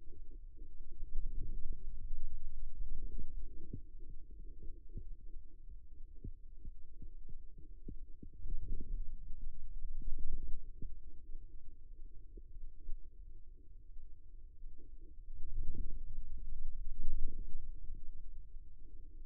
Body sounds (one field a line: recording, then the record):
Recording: forearm muscle sounds (acoustic myography)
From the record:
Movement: ulnar deviation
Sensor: system 2, bracelet of six BSWA MPA416 microphones around the upper forearm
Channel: 1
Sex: male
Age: 22 years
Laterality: right